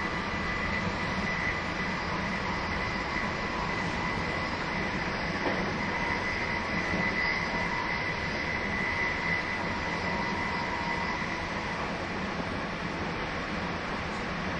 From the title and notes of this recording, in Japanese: 225系 700 新快速23号 01/01:野洲～姫路。有料座席＂Aシート＂専用車両として新造された車両が225系-700です。その車両のロングラン運転となる＂新快速23号＂の列車走行音(静止画)です。収録年月:2023,12。